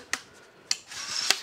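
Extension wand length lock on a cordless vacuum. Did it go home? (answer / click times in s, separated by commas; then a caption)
yes / 0.1 s, 0.7 s. The aluminium extension wand of a PRETTYCARE W100 cordless vacuum cleaner is slid to a new length using its release button, with sharp clicks at 0.1 s and 0.7 s as it locks into place. A soft sliding rub fills the gaps, and a third, duller tick follows at 1.3 s. The wand is seated and locked at its new length.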